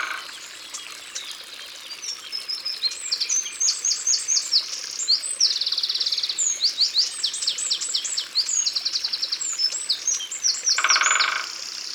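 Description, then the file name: Eurasian wren song: a long, loud, high-pitched outpouring of sharp notes and fast, dry trills, running almost unbroken, with a brief rough burst near the end. Ardèche. "Troglodyte-Mignon-Concerts-Naturels-De-l Ardeche"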